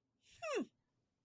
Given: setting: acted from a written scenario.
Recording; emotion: vocal sound without words; pride